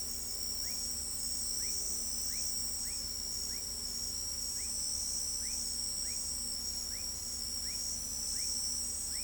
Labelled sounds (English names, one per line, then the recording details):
none
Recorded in pastures near Pivijay, Magdalena, Colombia, on 3 June 2023 at 03:00
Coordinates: 10.456, -74.369
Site P6-G026